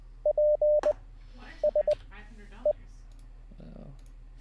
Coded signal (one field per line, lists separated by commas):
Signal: Morse code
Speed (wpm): 20 wpm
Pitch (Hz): 600 Hz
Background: speech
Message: P S E